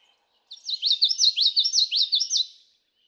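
Common yellowthroat singing a rhythmic series of several repeated wichety-like phrases, then quiet.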